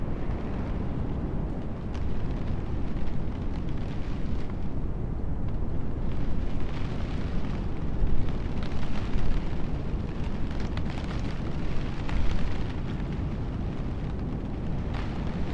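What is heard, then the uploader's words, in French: A stormy night heard from inside a snug van, with a deep, steady rumble of wind and rain pressing on the body. The roar swells from about two seconds and again around eight to twelve seconds, while sharp taps and crackles scatter throughout. Nuit d’orage dans un van douillet. Niché au bord de la mer dans l'étreinte d'un van VW vintage. Le rythme des gouttes de pluie sur les fenêtres. Les bourrasques de vent.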